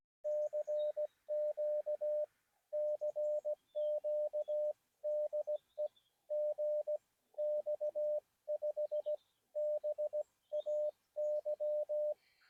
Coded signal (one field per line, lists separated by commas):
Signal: Morse code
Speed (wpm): 17 wpm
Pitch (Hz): 600 Hz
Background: radio noise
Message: CQ CQ DE GX5BAY